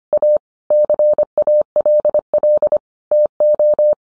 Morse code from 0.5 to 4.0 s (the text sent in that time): CALL TO